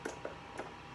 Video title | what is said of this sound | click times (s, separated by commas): Demonstration Speech | it's a very light click but you want to hear it click and grab the rest of your thread and hold it with your finger | 0.1 s, 0.2 s